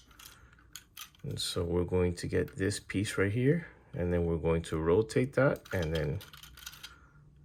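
The plastic trailer section of a Transformers Kingdom Leader Ultra Magnus action figure is slid back into the body during transformation and snaps into place with a sharp click at 0.8 s. Someone then talks while a few faint handling clicks follow near the end, and the trailer section is seated.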